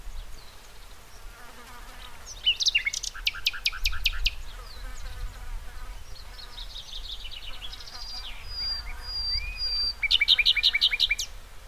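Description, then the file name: Common nightingale singing varied phrases: sharp clicking rattles, buzzy trills, a thin sustained whistle and a fast rapid burst of repeated notes, with steady low background noise. "Luscinia megarhynchos"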